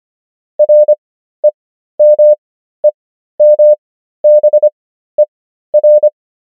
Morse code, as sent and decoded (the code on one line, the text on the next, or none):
.-. . -- . -- -... . .-.
REMEMBER